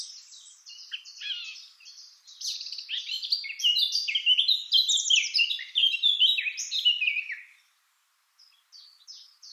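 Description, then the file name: Eurasian blackcap song opening with a quiet scratchy warble, swelling into a loud, fluty, fast-varied phrase, then a few faint notes after a pause. "Sylvia atricapilla"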